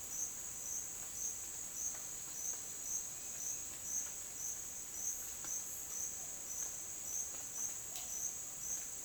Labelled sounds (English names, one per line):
none